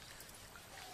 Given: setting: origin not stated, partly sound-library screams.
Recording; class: one-second piece from a danger detection set; normal situation